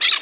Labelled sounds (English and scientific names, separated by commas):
Brown-throated Parakeet (Eupsittula pertinax) contact call